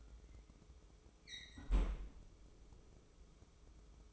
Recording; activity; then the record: daily activity, microphone in the room; close fridge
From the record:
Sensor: 1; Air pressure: 995.3 hPa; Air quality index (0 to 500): 25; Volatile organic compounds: 0 ppm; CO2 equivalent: 500 ppm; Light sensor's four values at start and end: 18/60/22/24 and 18/60/22/24